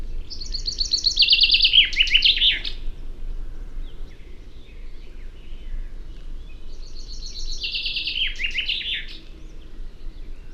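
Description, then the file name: Common chaffinch singing twice, about seven seconds apart; each phrase is a quick falling trill closing with an emphatic terminal flourish, over a low background rumble. "Fringilla coelebs"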